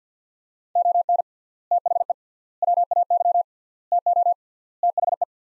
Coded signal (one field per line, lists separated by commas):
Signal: Morse code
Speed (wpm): 48 wpm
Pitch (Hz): 700 Hz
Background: none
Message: ON THE WAY TO THE